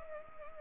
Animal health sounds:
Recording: mosquito wingbeat signal from an infrared sensor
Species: Anopheles arabiensis

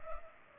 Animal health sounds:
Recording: mosquito wingbeat signal from an infrared sensor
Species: Culex pipiens

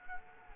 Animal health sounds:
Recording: mosquito wingbeat signal from an infrared sensor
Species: Culex quinquefasciatus

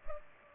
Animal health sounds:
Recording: mosquito wingbeat signal from an infrared sensor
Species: Culex pipiens

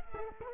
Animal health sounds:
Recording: mosquito wingbeat signal from an infrared sensor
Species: Culex quinquefasciatus

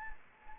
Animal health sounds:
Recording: mosquito wingbeat signal from an infrared sensor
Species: Anopheles gambiae

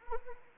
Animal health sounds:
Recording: mosquito wingbeat signal from an infrared sensor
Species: Anopheles arabiensis

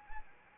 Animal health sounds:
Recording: mosquito wingbeat signal from an infrared sensor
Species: Anopheles arabiensis

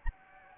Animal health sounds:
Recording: mosquito wingbeat signal from an infrared sensor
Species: Anopheles gambiae

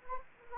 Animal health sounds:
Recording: mosquito wingbeat signal from an infrared sensor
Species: Anopheles gambiae

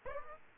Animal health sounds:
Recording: mosquito wingbeat signal from an infrared sensor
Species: Aedes aegypti

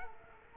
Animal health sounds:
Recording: mosquito wingbeat signal from an infrared sensor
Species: Culex quinquefasciatus

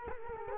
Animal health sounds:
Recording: mosquito wingbeat signal from an infrared sensor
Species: Culex quinquefasciatus

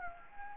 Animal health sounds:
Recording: mosquito wingbeat signal from an infrared sensor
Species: Anopheles gambiae

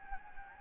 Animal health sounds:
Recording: mosquito wingbeat signal from an infrared sensor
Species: Anopheles gambiae

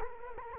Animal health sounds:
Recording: mosquito wingbeat signal from an infrared sensor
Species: Culex quinquefasciatus

